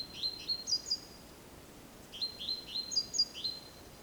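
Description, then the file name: Great tit calls: two short series of rising, chirpy high notes with brief thin squeaks above, against a quiet background. "Parus major"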